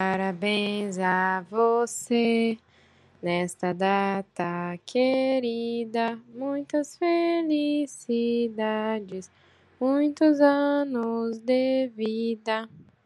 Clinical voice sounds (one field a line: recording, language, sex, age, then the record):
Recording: short text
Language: Brazilian Portuguese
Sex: female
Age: 20 to 29 years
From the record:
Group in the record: control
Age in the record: 25 years